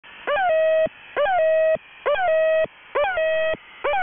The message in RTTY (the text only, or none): none